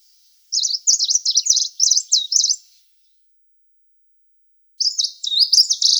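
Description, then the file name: Tickell's leaf warbler gives a high, rapid warbled phrase of zigzagging notes, then silence for two seconds before another phrase begins. "Penochka zheltobrjuhaja"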